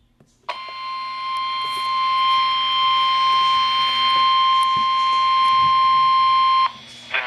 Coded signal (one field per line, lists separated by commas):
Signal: Emergency Alert System (SAME) tones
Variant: 1050 Hz attention tone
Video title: IT'S SHOWTIME!! EAS Alerts from 7/28/17 (EAS #507 - 516)